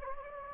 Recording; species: mosquito wingbeat signal from an infrared sensor; Anopheles gambiae